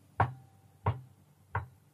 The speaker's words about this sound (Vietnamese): Ba tiếng gõ cửa khô không khốc đã cất lên